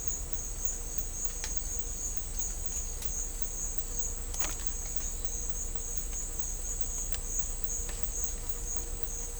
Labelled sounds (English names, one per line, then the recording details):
none
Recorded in dense forest near Puerto Asís, Putumayo, Colombia, on 21 December 2024 at 11:30
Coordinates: 0.500, -76.322
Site G053